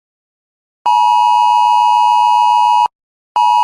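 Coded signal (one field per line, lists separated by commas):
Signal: Emergency Alert System (SAME) tones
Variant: 853 and 960 Hz attention tone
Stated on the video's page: Simulated EAS alert for a fictional game-themed scenario.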